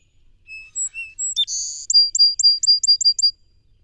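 Song sparrow song: three or four clear whistled notes, a loud buzzy note, then a trill of several quick high notes.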